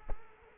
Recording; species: mosquito wingbeat signal from an infrared sensor; Culex quinquefasciatus